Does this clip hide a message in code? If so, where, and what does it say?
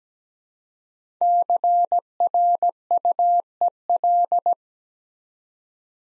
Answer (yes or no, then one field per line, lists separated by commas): yes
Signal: Morse code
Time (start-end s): 1.2-4.5 s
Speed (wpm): 17 wpm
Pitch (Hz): 700 Hz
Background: none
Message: CRUEL